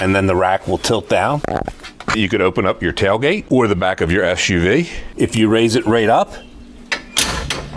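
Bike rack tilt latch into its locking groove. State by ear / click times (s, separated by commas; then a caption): seated / 7.2 s, 7.5 s. Someone talks as a steel hitch bike rack is raised back up from its tilted position, and its tilt latch snaps into its locking groove on its own. Sharp metallic clicks are heard at 7.2 s and 7.5 s as the latch locks in place.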